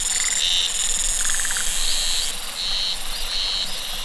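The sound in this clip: Cicadas buzzing in loud, shimmering pulses that stop and restart, with short lower trills early on.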